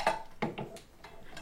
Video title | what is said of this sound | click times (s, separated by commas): Tuto#02 - Comment installer un ventilateur de plafond KlassFan Modulo avec option décorative Ring ? | entends un clic quand l'encoche de la rotule s'enclenche dans la platine | 0.4 s